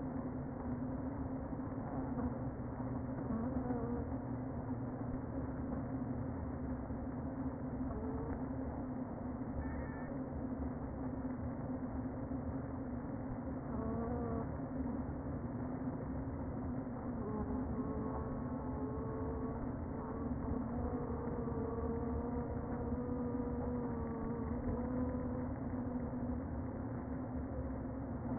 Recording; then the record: honeybee colony, microphone inside the hive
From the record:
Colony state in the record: queen present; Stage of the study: before two queens were removed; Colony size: about 60,000 bees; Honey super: yes